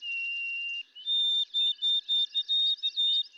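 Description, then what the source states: White-throated Sparrow song: a long clear whistle followed by a higher pitch repeated as a string of short whistled notes. Western doublet song variant, example from Ontario.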